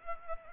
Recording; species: mosquito wingbeat signal from an infrared sensor; Culex pipiens